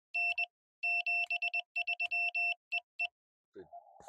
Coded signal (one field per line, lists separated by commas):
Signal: Morse code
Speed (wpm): 21 wpm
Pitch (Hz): 2700 Hz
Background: none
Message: N 73 EE